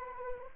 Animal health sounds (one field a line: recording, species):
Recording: mosquito wingbeat signal from an infrared sensor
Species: Anopheles arabiensis